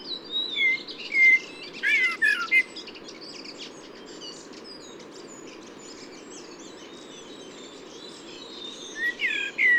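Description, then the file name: Eurasian blackbird song: a burst of clear whistled notes and fluting slurs early on, then quieter high twitters, with a final whistled phrase near the end over low hum. Recorded 8 June 2019 at a camp in Ísafjörður. "cbbird-merula-1-M-S is isafjördur-camp"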